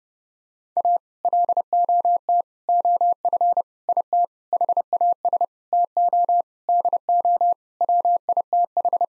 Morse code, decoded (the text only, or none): A LOT OF IT HAS TO DO WITH